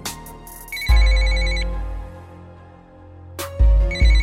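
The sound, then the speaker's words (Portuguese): A phone rings on an outgoing call that goes unanswered: a steady electronic ringback tone sounds twice, each burst lasting under a second, separated by a long quiet gap, with no one speaking. “Porra, mano, o cara não atende o telefone, velho. Tentar ligar aqui de novo.”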